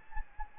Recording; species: mosquito wingbeat signal from an infrared sensor; Anopheles gambiae